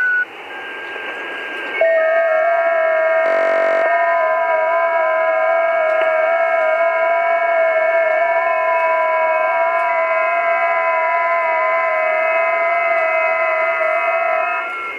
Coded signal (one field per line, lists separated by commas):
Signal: FT8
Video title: RADDY MALAHIT DSP2 - All Mode 10kHz-2GHz SDR Receiver